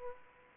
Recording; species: mosquito wingbeat signal from an infrared sensor; Aedes aegypti